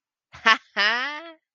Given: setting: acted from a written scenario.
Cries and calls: vocal sound without words; triumph

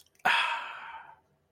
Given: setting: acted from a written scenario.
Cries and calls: vocal sound without words; contentment

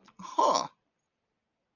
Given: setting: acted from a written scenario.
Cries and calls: vocal sound without words; positive surprise

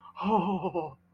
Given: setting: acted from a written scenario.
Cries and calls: vocal sound without words; pain

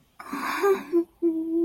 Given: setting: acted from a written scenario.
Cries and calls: vocal sound without words; sadness

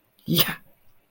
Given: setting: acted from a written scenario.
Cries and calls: vocal sound without words; triumph

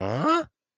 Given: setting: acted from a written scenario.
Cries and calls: vocal sound without words; fear

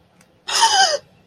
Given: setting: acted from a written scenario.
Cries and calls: vocal sound without words; fear

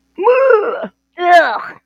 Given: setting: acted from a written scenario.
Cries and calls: vocal sound without words; disgust

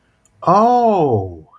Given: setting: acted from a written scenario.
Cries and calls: vocal sound without words; realization

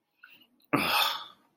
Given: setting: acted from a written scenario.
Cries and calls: vocal sound without words; contempt

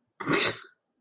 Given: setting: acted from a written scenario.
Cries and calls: vocal sound without words; contempt

